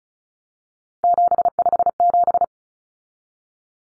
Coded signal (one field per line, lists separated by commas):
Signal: Morse code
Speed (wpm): 34 wpm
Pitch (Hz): 700 Hz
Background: none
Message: 757